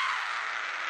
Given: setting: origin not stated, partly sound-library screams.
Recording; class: one-second piece from a danger detection set; woman in danger